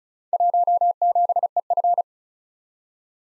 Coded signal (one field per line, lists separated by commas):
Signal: Morse code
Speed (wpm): 36 wpm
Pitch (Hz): 700 Hz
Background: none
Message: 17EF